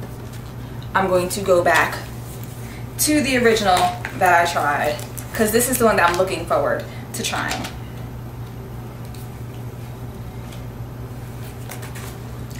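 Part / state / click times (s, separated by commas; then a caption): interchangeable curling barrel into wand handle / seated / 11.7 s. Someone talks while switching back to the original interchangeable curling barrel on an Irresistible Me 8-in-1 curling wand and pushing it onto the wand handle, over a steady low hum. After the talking stops, a short, sharp click at 11.7 s marks the barrel locking into the handle.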